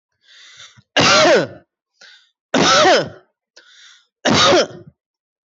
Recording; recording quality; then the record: heavy voluntary cough; excellent, no background noise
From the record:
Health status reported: healthy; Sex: male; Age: 27 years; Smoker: yes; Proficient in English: yes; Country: India